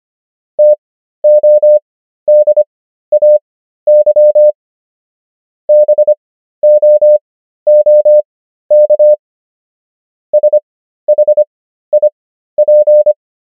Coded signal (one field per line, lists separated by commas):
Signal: Morse code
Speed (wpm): 25 wpm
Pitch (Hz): 600 Hz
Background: none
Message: TODAY BOOK SHIP